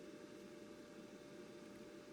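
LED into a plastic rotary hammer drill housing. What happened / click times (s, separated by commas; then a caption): Small part handled, not yet seated; no click / none. A small LED is handled at the bottom of a plastic DeWalt SDS rotary hammer drill housing during reassembly, about to be popped into its seat. Only a steady broadband hum with a faint constant tone near 600 Hz is heard. Nothing has seated or clicked yet.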